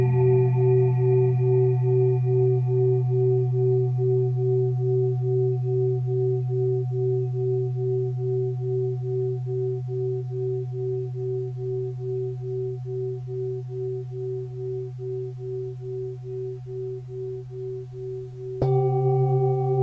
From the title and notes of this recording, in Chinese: 大肠结肠频率176Hz丨颂钵。